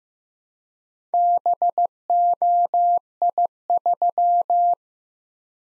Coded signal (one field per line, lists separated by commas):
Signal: Morse code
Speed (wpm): 15 wpm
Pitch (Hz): 700 Hz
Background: none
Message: BOI3